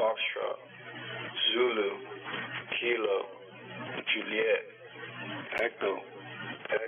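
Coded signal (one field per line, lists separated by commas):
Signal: coded military voice message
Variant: Emergency Action Message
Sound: male voice reading over a narrow radio channel, with a constant low hum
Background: radio hum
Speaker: take a listen here here's an example of an actual message being transmitted that I picked up at my home location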